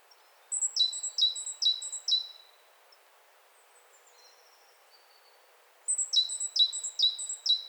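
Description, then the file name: Great tit repeating a ringing two-note phrase four times, silent for several seconds, then starting another run of the same phrase. "Parus major"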